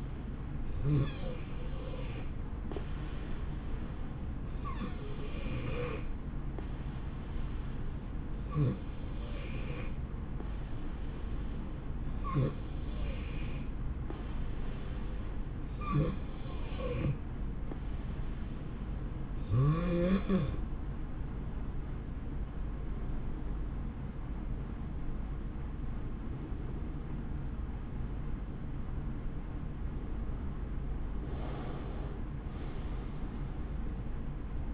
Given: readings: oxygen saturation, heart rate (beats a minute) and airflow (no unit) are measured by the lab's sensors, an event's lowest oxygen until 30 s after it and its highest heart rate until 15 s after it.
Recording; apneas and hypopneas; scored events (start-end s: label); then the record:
breathing in sleep by a smartphone at the bedside; none
none scored
From the record:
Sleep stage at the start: N3 (deep sleep); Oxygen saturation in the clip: 90 to 92%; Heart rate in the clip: 62 to 72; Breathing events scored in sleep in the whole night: 160 in 9.3 hours asleep